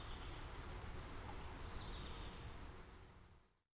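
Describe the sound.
Tinkling ground cricket calling with evenly spaced high, bell-like pulses that fade gradually and then stop.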